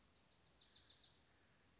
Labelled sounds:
Bewick's Wren
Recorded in Sonoma County, California

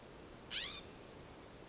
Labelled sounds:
California Scrub-Jay
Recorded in Sonoma County, California

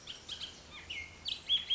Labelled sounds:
Bullock's Oriole
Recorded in Sonoma County, California

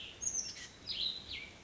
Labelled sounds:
Oak Titmouse
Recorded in Sonoma County, California

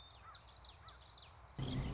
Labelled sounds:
Common Yellowthroat
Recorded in Sonoma County, California

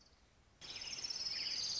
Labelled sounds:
Orange-crowned Warbler
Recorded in Sonoma County, California

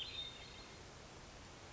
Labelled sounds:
Hermit Thrush
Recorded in Sonoma County, California

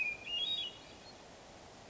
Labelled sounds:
Hermit Thrush
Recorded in Sonoma County, California

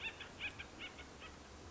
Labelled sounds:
Acorn Woodpecker
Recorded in Sonoma County, California

